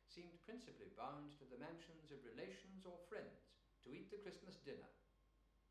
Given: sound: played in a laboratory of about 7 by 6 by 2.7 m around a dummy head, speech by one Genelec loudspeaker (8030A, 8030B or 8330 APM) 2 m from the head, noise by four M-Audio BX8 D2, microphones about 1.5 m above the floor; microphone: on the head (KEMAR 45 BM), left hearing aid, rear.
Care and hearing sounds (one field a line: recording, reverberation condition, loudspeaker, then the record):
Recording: male speech in English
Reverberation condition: medium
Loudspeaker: 90 degrees to the left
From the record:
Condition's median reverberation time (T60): about 510 ms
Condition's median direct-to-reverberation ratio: about -0.5 dB